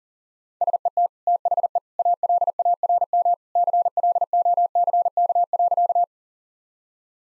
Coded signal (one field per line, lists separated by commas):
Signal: Morse code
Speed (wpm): 40 wpm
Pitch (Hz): 700 Hz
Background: none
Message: SET THE ALARM CLOCK.